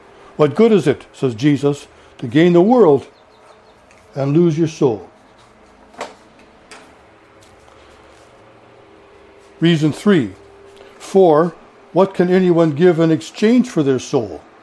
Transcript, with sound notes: What good is it, says Jesus, to gain the whole world and lose your soul? [pause] Reason 3 For, what can anyone give in exchange for their soul?